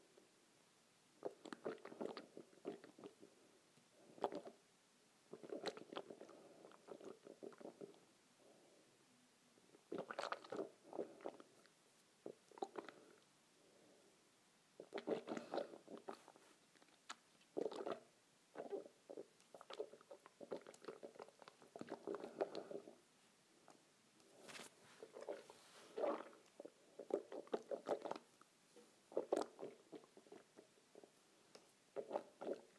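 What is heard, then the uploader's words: Water is swished around in a mouth in repeated gurgling, squelching bursts, each lasting a second or two with short quiet gaps between. The sloshing stays mid-pitched with wet clicks and crackles, growing busier and more continuous around the middle and final third. ASMR Swishing Water in my Mouth.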